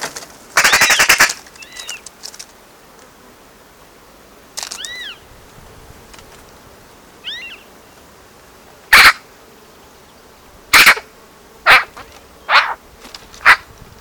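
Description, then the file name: Eurasian magpie chatter: a harsh rattling burst, then several short arched nasal calls and a run of loud, sharp, clipped notes. "Pica pica"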